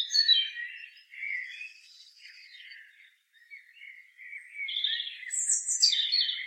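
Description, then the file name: European robin song: thin, high warbling phrases with short gaps between them, ending with higher, squeaky notes. "Erithacus rubecula"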